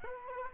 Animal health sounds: mosquito wingbeat signal from an infrared sensor; Culex quinquefasciatus

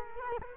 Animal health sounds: mosquito wingbeat signal from an infrared sensor; Culex quinquefasciatus

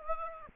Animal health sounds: mosquito wingbeat signal from an infrared sensor; Aedes aegypti

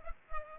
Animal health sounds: mosquito wingbeat signal from an infrared sensor; Culex pipiens

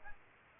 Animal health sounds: mosquito wingbeat signal from an infrared sensor; Aedes aegypti

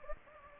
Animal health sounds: mosquito wingbeat signal from an infrared sensor; Anopheles gambiae

